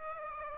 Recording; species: mosquito wingbeat signal from an infrared sensor; Aedes aegypti